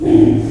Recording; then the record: squeal of a Yucatan mini pig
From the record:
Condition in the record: before surgery on the right vocal fold (resection and tissue-engineered implant); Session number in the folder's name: 2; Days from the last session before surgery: -15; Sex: female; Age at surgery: 19 weeks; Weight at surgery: 25 kg